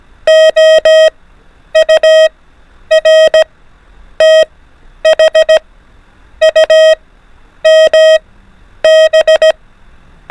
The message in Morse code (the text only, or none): OUR THUMB